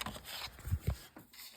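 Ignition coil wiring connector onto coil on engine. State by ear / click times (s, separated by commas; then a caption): not seated / none. An ignition coil wiring connector is being handled on an engine after the spark plugs were replaced, about to be plugged back onto its coil. Brief low rubbing and knocking handling noises are heard, with sharp sounds at 0.0 s and 0.1 s. Nothing has seated or clicked yet.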